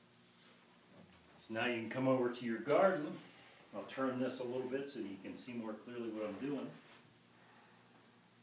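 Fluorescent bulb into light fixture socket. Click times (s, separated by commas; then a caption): 1.1 s. A fluorescent bulb's prongs are set into the slot of a light fixture socket for a tower garden and given a quarter twist, and it snaps into place with a short, sharp click at 1.1 seconds. Afterward someone talks, and the clip ends on another brief sound at 8.4 seconds.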